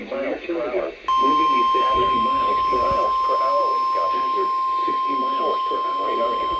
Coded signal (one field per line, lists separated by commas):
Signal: Emergency Alert System (SAME) tones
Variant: 1050 Hz attention tone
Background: speech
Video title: Chill Saturday Catchin' | EAS Alerts from 8/8/26